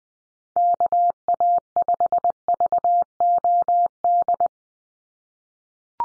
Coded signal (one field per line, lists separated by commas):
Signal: Morse code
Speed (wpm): 20 wpm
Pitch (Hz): 700 Hz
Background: none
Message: KA5VOD